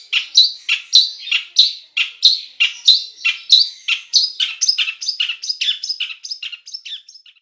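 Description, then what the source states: Long-tailed shrike song: a fast run of harsh, chattering notes, slowly growing softer and quicker toward the end. Full song packed with imitations of other birds, a style known as gacor isian.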